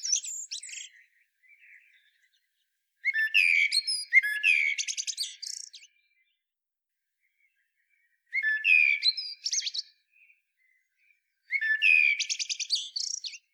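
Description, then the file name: Common blackbird giving bursts of rapid, scratchy high twitters with short fluted notes, separated by silent pauses. "Turdus merula"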